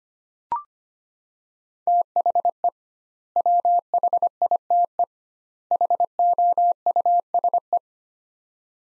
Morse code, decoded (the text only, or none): THE WHITE HOUSE